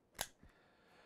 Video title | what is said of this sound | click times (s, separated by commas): 4-27-22 Triggered: Taking a Stand on the Stance! | inside the competition pistol make sure you push it all away and hear it click | 0.2 s